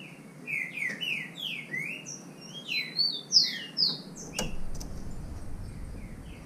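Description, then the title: Green-winged saltator song of rolling, falling whistles, interrupted by a sharp knock, then low rumbling noise. Bird named Nicão, in the bush, competing in song with a free-living bird. "Trinca Ferro NICÃ O No Mato Disputando Com Solto"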